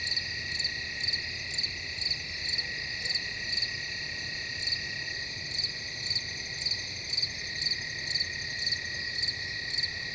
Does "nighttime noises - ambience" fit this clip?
yes